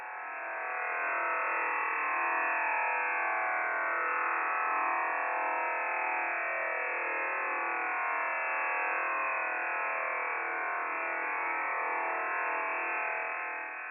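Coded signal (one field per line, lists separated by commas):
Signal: HF data modem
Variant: STANAG type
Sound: continuous dense hissing warble filling the voice band, steady throughout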